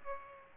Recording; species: mosquito wingbeat signal from an infrared sensor; Culex pipiens